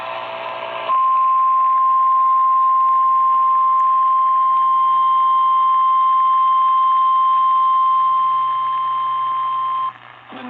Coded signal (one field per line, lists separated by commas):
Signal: Emergency Alert System (SAME) tones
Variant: 1050 Hz attention tone